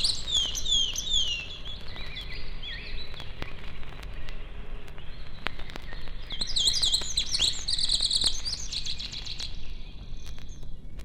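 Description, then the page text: Songbird song opening with descending whistled phrases, then a fast twittering run around seven to eight seconds, all above steady low rumble. Forest songbirds close to a road. "Лесные певчие птицы - Nature, близко трасса"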